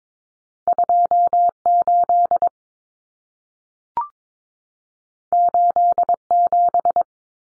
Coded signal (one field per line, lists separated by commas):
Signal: Morse code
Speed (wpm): 22 wpm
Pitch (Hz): 700 Hz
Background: none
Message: 28 87